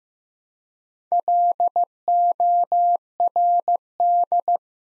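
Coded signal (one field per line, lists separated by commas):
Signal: Morse code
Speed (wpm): 15 wpm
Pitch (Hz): 700 Hz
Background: none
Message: LORD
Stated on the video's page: Morse practice at 15 wpm building 3- to 5-letter words one letter at a time, for beginners working on instant character recognition.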